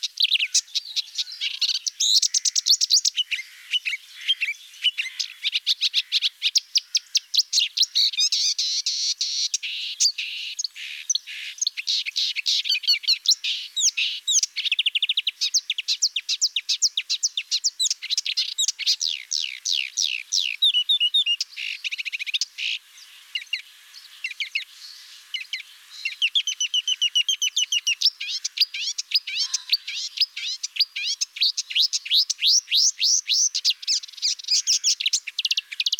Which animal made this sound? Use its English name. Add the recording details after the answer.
Marsh Warbler. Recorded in the wild. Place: Waltershofen / Freiburg im Breisgau, Baden-Württemberg, DE. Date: 2006-06-05. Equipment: MiniDisc Sharp MT 20 H. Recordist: Schwarz, Dieter